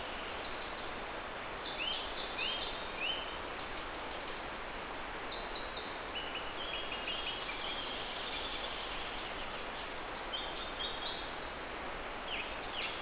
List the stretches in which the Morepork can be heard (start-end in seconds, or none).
none